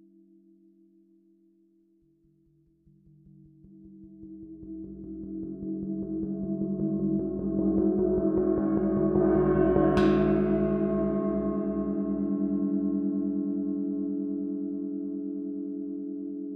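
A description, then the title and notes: A gong hums low from the start, then is struck and rolled into a swelling, shimmering roar that peaks near ten seconds before slowly easing. Gong Meditation.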